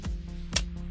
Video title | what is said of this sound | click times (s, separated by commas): Rise of the Teenage Mutant Ninja Turtles TMNT Shell Hog Vehicle Michelangelo Review | pops into place. You can hear it snapping there. | 0.6 s